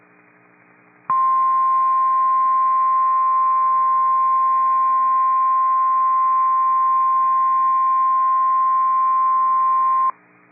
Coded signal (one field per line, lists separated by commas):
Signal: Emergency Alert System (SAME) tones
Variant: 1050 Hz attention tone